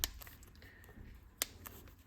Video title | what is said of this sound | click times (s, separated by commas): Perfect Fit! Replacement Ear Cups for Bose Headphones by KRONE KALPASMOS | and then clip it in all the way around. You can hear that snapping in. | 0.0 s, 1.4 s